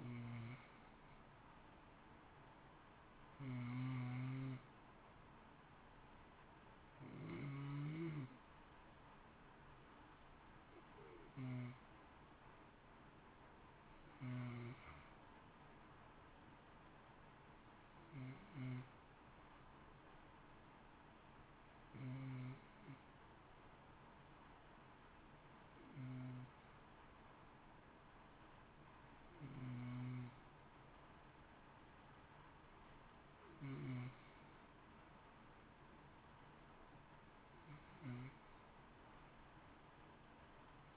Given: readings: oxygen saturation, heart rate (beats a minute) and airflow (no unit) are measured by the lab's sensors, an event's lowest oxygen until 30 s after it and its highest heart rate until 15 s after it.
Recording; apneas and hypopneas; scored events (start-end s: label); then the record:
breathing in sleep by a voice recorder at the bedside; none
none scored
From the record:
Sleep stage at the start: N2 (light sleep); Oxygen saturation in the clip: 91 to 93%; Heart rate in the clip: 53 to 58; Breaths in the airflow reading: 12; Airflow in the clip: -0.8 to 1.1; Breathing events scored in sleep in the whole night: 328 in 6.3 hours asleep